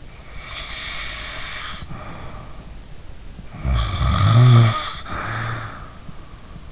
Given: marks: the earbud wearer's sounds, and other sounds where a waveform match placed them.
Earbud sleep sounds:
sounds in sleep by an in-ear microphone; snoring breath
0.18-2.79 s: snoring breath
3.42-6.03 s: snoring breath

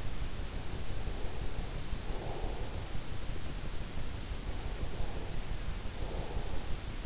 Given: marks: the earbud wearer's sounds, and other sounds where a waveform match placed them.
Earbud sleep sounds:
sounds in sleep by an in-ear microphone; breath
0.00-3.37 s: breath
3.77-6.97 s: breath

